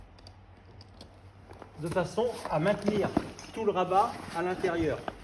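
At the rear of a lazy bag sail cover on a catamaran boom, a male plastic strap buckle is being brought to its female buckle so the flap stays held inside. Faint handling taps come at about 0.2, 0.3, 0.8, 1.0, 1.5 and 1.6 seconds, then someone talks from about 1.8 seconds to the end. The buckle has not clicked shut yet.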